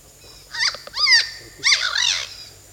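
Bird calls: two harsh, arching, harmonic-rich notes, then one longer wavering note.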